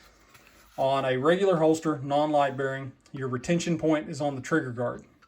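Someone talks while a pistol is handled near a kydex inside-the-waistband holster, the trigger guard meant to lock into the molded retention channel. The clip is mostly speech, with a faint short sound at the very end around 5.3 s. Nothing has seated or clicked yet.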